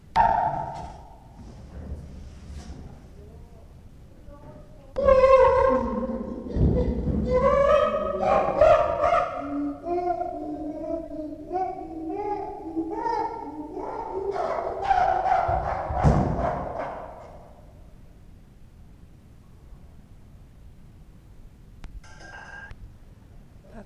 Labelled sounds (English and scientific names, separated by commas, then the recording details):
Chimpanzee (Pan troglodytes)
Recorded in captivity
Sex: diverse
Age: adult
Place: Tierpark Berlin, Berlin, DE
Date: 1966-04-06
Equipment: Grundig TK 1 Luxus
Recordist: unbekannt, keine Angabe
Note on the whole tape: Große Schimpansen morgens nach dem Herauslassen aus den Schlafkisten, Susi (mit ca. 3 Wochen altem Jungen) und Pako, Pako und Susi nachdem sie Tee bekommen haben; Susi in Erwartung eines Marmeladenbrotes, Schmatzen